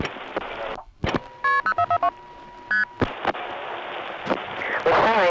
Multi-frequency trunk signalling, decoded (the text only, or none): KP0442 ST